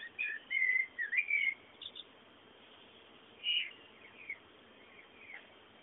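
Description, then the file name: Birdsong with a bright burst of warbled, whistled notes at the start, a short pause, then scattered softer chirps over faint background hiss. Bird sounds meant as background ambience. "fondo pajaros"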